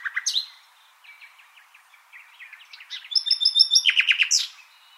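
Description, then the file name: Common nightingale: a few loud chirps, then soft scattered notes building into a fast series of loud repeated chips with high whistles over them. "Luscinia megarhynchos"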